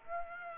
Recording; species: mosquito wingbeat signal from an infrared sensor; Aedes aegypti